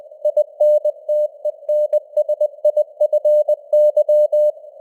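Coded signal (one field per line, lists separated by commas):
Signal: Morse code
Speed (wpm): 20 wpm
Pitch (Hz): 600 Hz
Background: none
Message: INTENSIFY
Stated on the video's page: News headlines in Morse at 20 wpm with simulated radio noise and varying signal strength (QSB).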